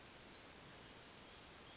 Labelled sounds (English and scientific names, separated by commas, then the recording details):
Brown Creeper (Certhia americana)
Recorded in Sonoma County, California